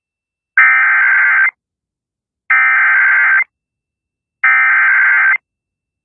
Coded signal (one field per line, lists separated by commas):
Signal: Emergency Alert System (SAME) tones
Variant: header bursts